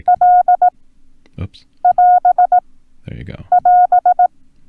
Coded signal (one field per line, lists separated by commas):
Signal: Morse code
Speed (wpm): 18 wpm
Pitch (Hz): 720 Hz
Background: speech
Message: L<AS><AS>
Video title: Learn Morse Code - Prosigns